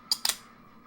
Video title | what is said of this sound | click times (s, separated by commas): gang mod from fumi vapor! | Pops right in. | 0.1 s, 0.2 s